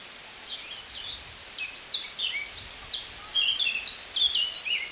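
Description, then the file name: Eurasian blackcap warbling song: quick, varied phrases of high whistles and scratchy notes running through most over constant hiss. "Sylvia atricapilla"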